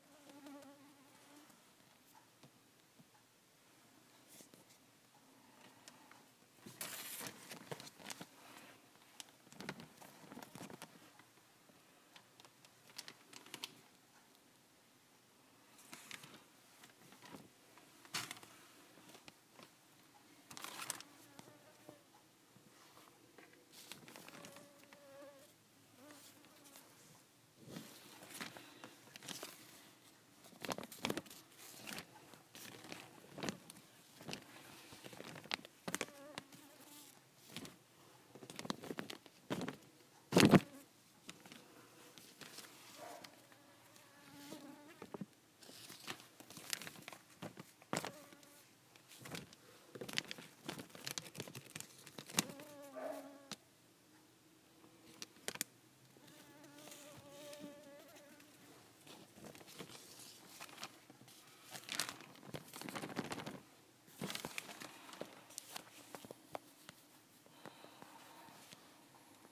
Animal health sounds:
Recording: mosquito flight sound by mobile phone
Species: Culiseta incidens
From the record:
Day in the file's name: 4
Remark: blood-fed

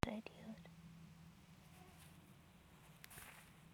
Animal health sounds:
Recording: mosquito flight sound by mobile phone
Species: Aedes sierrensis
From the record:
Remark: free flight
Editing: field recording with all noises

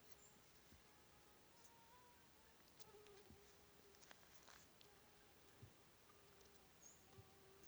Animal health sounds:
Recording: mosquito flight sound by mobile phone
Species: Aedes sierrensis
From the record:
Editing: cut to the mosquito's sound

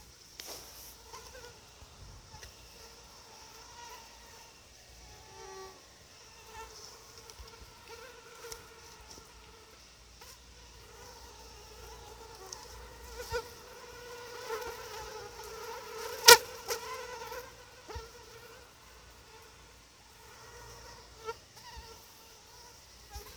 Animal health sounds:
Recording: mosquito flight sound by mobile phone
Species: Anopheles quadriannulatus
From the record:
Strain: SANQUA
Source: CDC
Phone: Sony Xperia

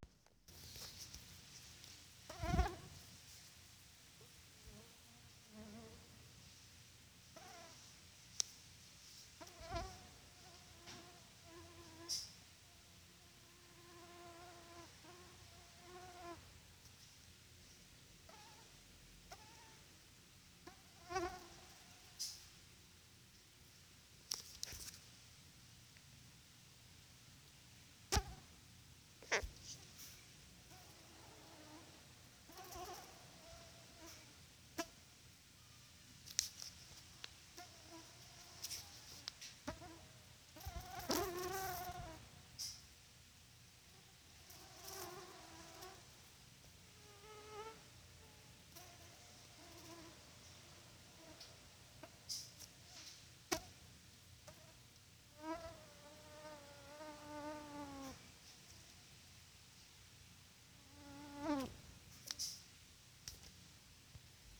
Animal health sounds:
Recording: mosquito flight sound by mobile phone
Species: Culex quinquefasciatus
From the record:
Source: SanMateoVCD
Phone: Sony Xperia

